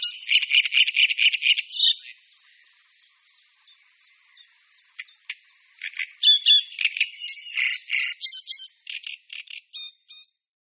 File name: Rákosník-velký